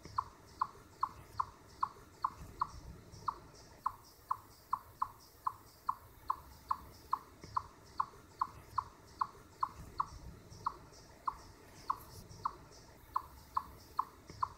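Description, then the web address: Chipmunk calls, a sharp chip repeated steadily about twice a second throughout. "sound Tamias"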